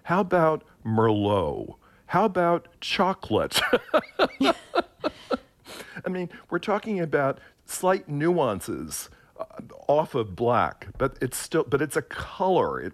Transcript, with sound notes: How about merlot? How about chocolate?
(LAUGHTER)
I mean, we're talking about slight nuances off of black, but it's still - but it's a color.